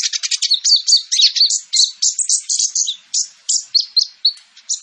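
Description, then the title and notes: Sunbird song: quick, high squeaky chirps delivered several per second in a busy, slightly irregular chatter. Kolibri ninja singing constantly (gacor) with full fills and shots (isian dan tembakan); used as bait to lure birds. "MASTERAN KOLIBRI NINJA FULL ISIAN DAN TEMBAKAN COCOK BUAT PANCINGAN. Suara Burung Kolibri Ninja Gacor"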